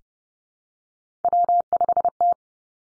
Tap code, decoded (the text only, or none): none